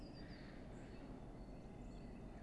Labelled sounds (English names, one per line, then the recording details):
Great Tit
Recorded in Germany
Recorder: ecoPi